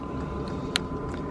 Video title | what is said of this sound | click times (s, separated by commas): Aprilia Pegaso 2007 indicator repair | you hear that little click that's it clicking into place you can then release the tension on the on the arm | 0.8 s